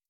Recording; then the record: hydrophone in a shrimp aquaculture tank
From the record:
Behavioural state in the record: starved